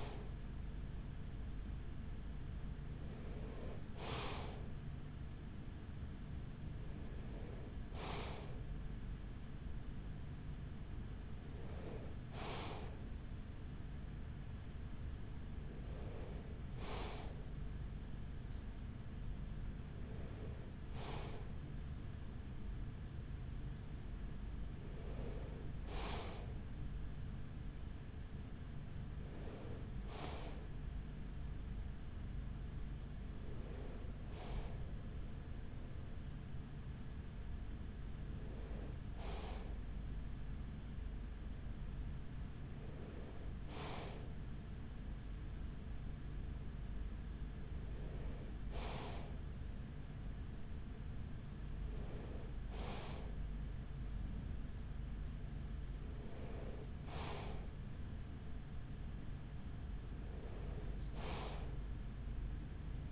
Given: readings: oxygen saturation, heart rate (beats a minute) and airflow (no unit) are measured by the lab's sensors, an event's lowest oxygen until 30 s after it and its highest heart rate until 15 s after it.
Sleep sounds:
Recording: breathing in sleep by a smartphone at the bedside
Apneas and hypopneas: none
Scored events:
16.00-46.00 s: new sleep stage, N2 (light sleep)
46.00-63.12 s: new sleep stage, N3 (deep sleep)
From the record:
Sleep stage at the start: N3 (deep sleep)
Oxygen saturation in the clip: 93 to 95%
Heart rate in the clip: 41 to 45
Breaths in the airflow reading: 15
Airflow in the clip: -7.2 to 6.3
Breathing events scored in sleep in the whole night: 207 in 7.6 hours asleep

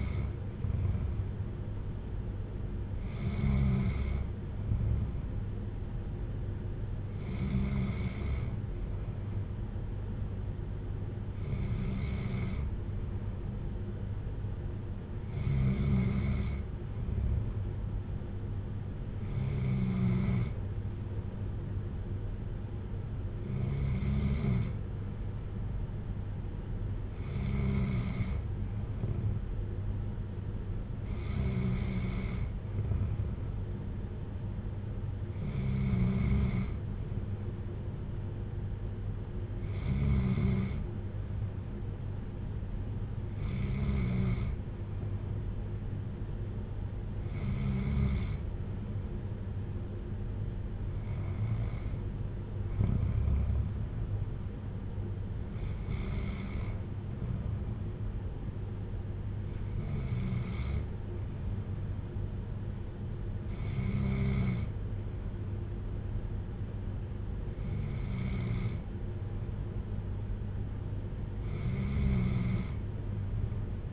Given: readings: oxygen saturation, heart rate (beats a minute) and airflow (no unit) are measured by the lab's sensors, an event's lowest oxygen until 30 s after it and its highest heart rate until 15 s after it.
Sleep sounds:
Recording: breathing in sleep by a smartphone at the bedside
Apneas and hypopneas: none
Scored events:
none scored
From the record:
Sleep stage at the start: N2 (light sleep)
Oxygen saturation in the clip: 94 to 95%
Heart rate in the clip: 56 to 61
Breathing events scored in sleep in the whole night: 310 in 8.1 hours asleep

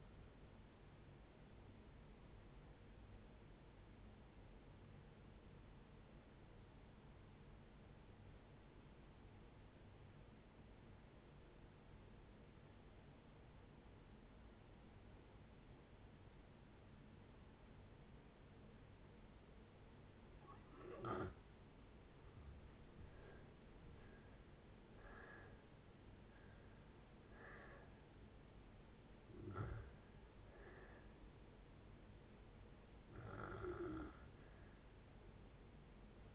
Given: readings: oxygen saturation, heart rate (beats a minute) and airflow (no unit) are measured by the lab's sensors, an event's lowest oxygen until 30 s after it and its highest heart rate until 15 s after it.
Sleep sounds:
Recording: breathing in sleep by a voice recorder at the bedside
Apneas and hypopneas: 1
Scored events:
4.00-20.00 s: obstructive apnea (N1, oxygen 95% highest, then 79% lowest, heart rate 57 at the start, 75 highest)
From the record:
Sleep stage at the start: N1 (lightest sleep)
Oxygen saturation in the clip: 81 to 95%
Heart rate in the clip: 57 to 75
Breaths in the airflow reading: 6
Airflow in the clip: -8.8 to 14.1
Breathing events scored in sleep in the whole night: 496 in 5.4 hours asleep

